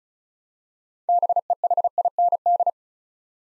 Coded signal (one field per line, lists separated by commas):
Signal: Morse code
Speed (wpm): 36 wpm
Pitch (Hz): 700 Hz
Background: none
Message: BEHIND